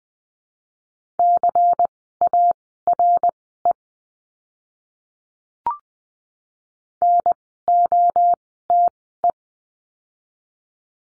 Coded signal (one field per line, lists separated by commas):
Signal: Morse code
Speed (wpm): 20 wpm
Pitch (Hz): 700 Hz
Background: none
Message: CARE NOTE